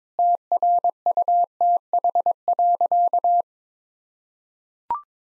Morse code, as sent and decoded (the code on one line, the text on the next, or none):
- .-. ..- - .... .-.-.-
TRUTH.